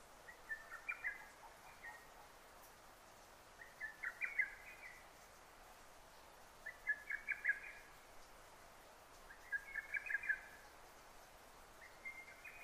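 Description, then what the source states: Lesser cuckoo song, quick chattering whistled phrases repeated about every three seconds, moderately loud over a constant hiss. Recorded 6 June 2009.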